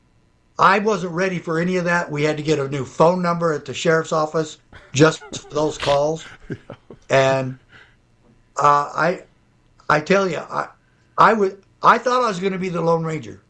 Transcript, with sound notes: I wasn't ready for any of that. We had to get a new phone number at the sheriff's office...
(laughs)
... just for those calls.
Yeah.
And, uh, I, I tell you, I, I wa- I thought I was gonna be the Lone Ranger.